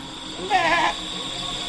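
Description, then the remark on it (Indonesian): A dog lets out one short, wavering whine of about half a second, rising clearly above a steady low background hiss. “Oh, asu wui.”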